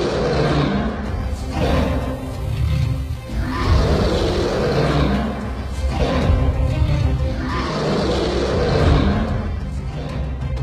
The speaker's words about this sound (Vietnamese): Chỉ trong một khắc, cả bầy hổ đã bị lửa thiêu cháy. Con hổ tinh điên cuồng vùng vẫy, tiếng hổ gầm chấn động cả núi rừng.